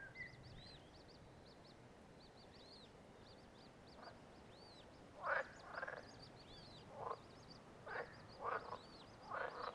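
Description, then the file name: Frog croaking, hoarse bursts beginning after a few seconds and repeating about every second, with thin high whistles scattered above. "Nature Sounds Frog"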